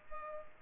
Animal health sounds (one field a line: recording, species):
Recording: mosquito wingbeat signal from an infrared sensor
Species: Culex pipiens